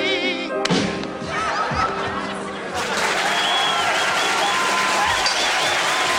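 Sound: audience applause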